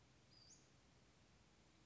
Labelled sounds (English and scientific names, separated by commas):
Western Flycatcher (Empidonax difficilis)